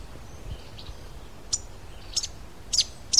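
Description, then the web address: Fruiteater uttering a few sharp, very high thin notes, spaced irregularly and growing closer toward the end. "cantos fruteyungue"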